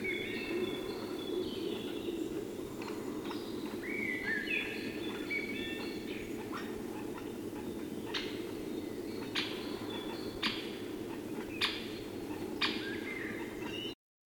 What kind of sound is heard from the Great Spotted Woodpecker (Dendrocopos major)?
drumming